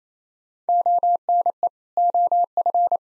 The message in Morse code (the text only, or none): ONE OF